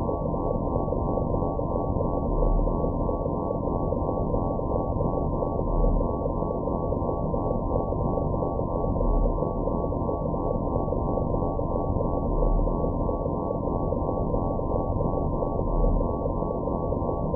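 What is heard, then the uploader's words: A binaural beat plays as a steady, unchanging drone, with stacked low tones that stop sharply above a mid-pitched ceiling and nothing brighter. The level holds even throughout, with a faint soft pulse in the bottom roughly every three to four seconds. Binaural beat made with DIN is Noise.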